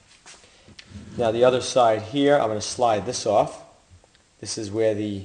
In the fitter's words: It'll pop in like that and just push it till it snaps.